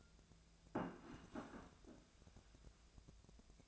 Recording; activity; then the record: daily activity, microphone in the room; place plate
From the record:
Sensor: 2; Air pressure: 1000.0 hPa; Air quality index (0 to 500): 135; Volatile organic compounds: 2 ppm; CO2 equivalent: 1147 ppm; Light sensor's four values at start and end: 24/61/26/28 and 24/62/26/29